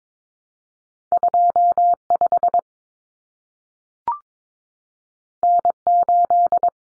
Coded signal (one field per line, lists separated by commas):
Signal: Morse code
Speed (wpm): 22 wpm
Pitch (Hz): 700 Hz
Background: none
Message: 25 N8